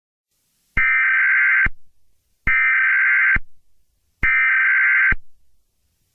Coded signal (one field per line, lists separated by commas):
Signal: Emergency Alert System (SAME) tones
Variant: header bursts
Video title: Every EAS Video